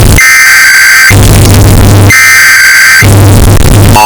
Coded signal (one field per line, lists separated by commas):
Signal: Emergency Alert System (SAME) tones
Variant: header bursts